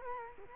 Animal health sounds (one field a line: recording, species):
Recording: mosquito wingbeat signal from an infrared sensor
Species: Culex quinquefasciatus